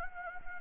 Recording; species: mosquito wingbeat signal from an infrared sensor; Anopheles gambiae